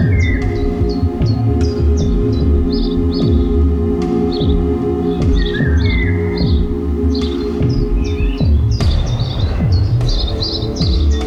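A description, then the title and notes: Birds chirp and tweet throughout, short bright calls repeating every second or so, with a few lower whistled notes near two and six seconds. Beneath them runs a steady low hum with rumbling, and a brief rushing noise swells around nine seconds. Bird sounds recorded May 9, 2020 in Germany. I added some virtual noise.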